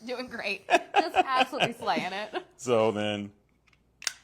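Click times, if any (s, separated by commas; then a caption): 4.1 s. Someone talks while pushing a plastic accessory part into an action-figure toy vehicle (a ram/trike), after first trying it backwards. A sharp snap at 4.1 s marks the part seating in place with a snap fit.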